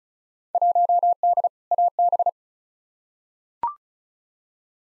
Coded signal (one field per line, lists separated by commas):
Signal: Morse code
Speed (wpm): 36 wpm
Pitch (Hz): 700 Hz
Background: none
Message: 1D AB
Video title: Field Day Exchange v2 - 35wpm